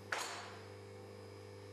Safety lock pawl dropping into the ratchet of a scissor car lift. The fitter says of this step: the locks are clicking into position